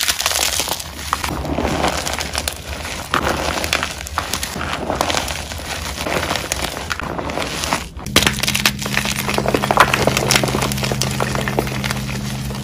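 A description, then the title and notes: A block of gym chalk is crushed and crumbled, a dense, continuous gritty crinkling with scattered sharper crackles throughout. Just after eight seconds a low steady hum appears underneath and continues to the end. This is an edit compilation of India the asmr chef's amazing gym chalk crushes.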